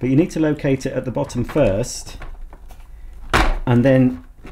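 Someone talks while the clean-water solution tank of a budget-priced EGL upright carpet washer is handled against the washer's plastic body, being located at the bottom first before it is pressed on. Brief faint knocks sound at about 2.5 s and 4.5 s. Nothing has seated or clicked yet.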